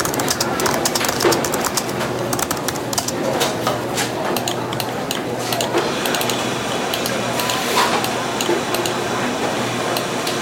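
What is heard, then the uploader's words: Cafe sounds: a steady bed of soft, overlapping chatter fills the whole stretch at an even level. Short bright clinks and clatters of dishes break through often, clustering near the start and around the middle, over a low constant hum underneath. Cafe sounds.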